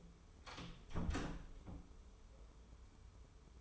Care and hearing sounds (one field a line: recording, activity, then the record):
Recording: daily activity, microphone in the room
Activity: close door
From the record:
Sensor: 1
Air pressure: 1015.2 hPa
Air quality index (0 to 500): 177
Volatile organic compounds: 14 ppm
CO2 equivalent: 2462 ppm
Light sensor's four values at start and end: 10/23/9/10 and 11/26/10/11